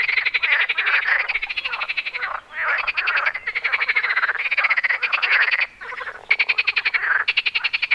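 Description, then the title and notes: Loud frog chorus, rapid pulsed croaking nearly unbroken, with two short lulls before fresh rattling bursts. Frogs on Wyspa Sobieszewska, Gdańsk, Poland. "Wyspa Sobieszewska, Gdańsk, Poland - Frogs. Żaby. rec Rafał Kołacki"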